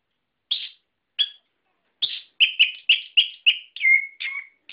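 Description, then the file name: Songbird song opening with a few spaced chirps, then quickening into a run of repeated notes and two falling whistles. Masteran song for training cage birds. "ak-masteran -omkicau"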